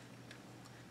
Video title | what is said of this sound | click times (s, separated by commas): SKS rifle Underfolder Full Monty disassembly & field stripping. Part 1/2 | and then when you pull it all the way to the back you'll hear a click there it is | 0.3 s